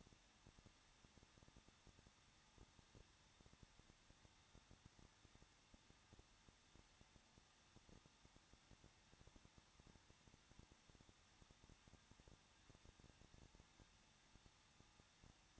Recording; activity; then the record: daily activity, microphone in the room; no activity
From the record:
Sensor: 3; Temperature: 21.2 degrees Celsius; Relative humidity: 36.3%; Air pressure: 1006.3 hPa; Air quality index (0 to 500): 221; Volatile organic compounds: 40 ppm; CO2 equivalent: 3147 ppm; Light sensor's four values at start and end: 2/3/2/2 and 2/3/2/2